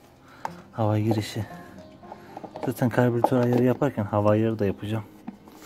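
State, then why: Not seated. A plastic air filter cover on a 50cc scooter's air box is being handled by hand, with a few soft knocks heard while someone talks. The clip ends before the cover goes home, so nothing has seated or clicked yet.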